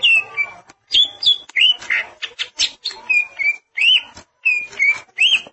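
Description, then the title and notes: Greater green leafbird song: rich whistled notes, many sliding and looping around the middle-high range, given in quick bursts separated by brief gaps, with sharp clicks and chatter mixed in. "Suara Kicauan Burung Cucak Ijo"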